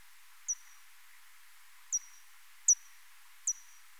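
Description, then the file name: Soprano pipistrelle echolocation, four sharp high ticks at irregular intervals over faint hiss. "Ppyg"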